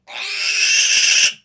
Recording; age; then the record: pig call; piglet (1 to 25 days)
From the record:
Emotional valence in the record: negative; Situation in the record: restrain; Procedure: back test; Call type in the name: high-frequency call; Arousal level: low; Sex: female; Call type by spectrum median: high-frequency call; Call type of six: high-frequency stable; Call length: 1.46 s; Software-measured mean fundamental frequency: 224 Hz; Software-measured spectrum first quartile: 2914 Hz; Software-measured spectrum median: 4982 Hz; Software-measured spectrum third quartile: 6843 Hz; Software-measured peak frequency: 2703 Hz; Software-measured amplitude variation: 125 dB a second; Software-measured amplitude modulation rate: 20.3 a second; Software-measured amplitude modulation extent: 6.2 dB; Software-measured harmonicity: 2.0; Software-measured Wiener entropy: -2.07